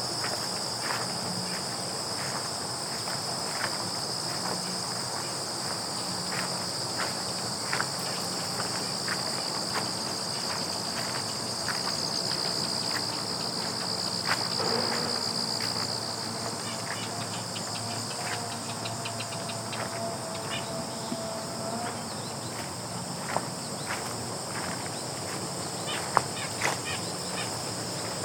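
Grasshoppers whisper without pause, a bright, steady shimmer high above everything else. Through it come crisp, scattered crunches of footsteps on gravel, irregular and light, with a few sharper clicks late on. A faint low hum sits underneath throughout.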